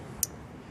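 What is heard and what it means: A new headlight bulb on a Ford Contour is pushed back into its wiring plug/socket. A single sharp, bright snap sounds at 0.2 seconds against a low background hum, and the bulb is confirmed seated in the socket.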